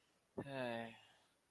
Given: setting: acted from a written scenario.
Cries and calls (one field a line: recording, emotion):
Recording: vocal sound without words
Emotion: romantic love